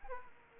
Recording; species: mosquito wingbeat signal from an infrared sensor; Aedes aegypti